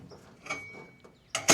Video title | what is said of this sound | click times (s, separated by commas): I Loaded My Truck Camper SOLO… What Do You Think of My Setup? | It won't lock in place, and then this just sits on it. | none